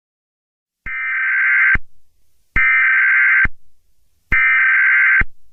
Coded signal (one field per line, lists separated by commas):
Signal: Emergency Alert System (SAME) tones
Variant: header bursts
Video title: EAS Scenario - Covid.